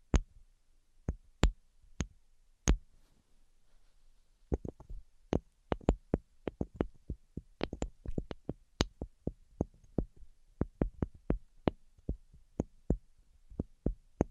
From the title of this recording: Tapping Tingle Immunity Treatment (No Talking)